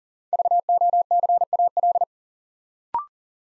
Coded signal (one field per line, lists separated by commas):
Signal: Morse code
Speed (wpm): 40 wpm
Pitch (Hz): 700 Hz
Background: none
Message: VOCAL